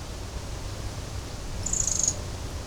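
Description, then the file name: Eurasian wren giving a single short, buzzy, very high-pitched call near the end, with a constant low rumble underneath. "Troglodytes troglodytes"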